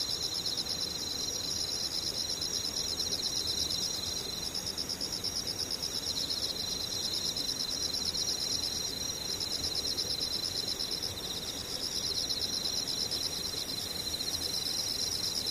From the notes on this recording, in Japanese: ムシ